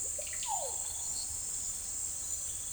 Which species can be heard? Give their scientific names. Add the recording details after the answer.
Psarocolius angustifrons. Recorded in secondary vegetation near Puerto Asís, Putumayo, Colombia, on 22 June 2025. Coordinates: 0.488, -76.319. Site G094